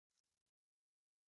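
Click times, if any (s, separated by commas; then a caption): none. The plastic upper torso of a 6-inch action figure is pushed down onto its waist joint peg, producing three short bursts of plastic contact ticking between about 0.1 and 0.5 s, followed by faint low noise. Nothing has seated or clicked yet; the torso fails to click home, and the joint may need to be heated to get the click.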